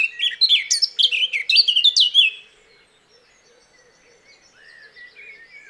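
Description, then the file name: Eurasian blackcap song, a short burst of quick twittering notes for over two seconds, followed by quiet with a few faint notes. "Sylvia atricapilla"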